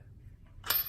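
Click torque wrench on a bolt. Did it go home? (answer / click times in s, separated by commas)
yes / 0.7 s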